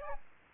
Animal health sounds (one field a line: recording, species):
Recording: mosquito wingbeat signal from an infrared sensor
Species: Aedes albopictus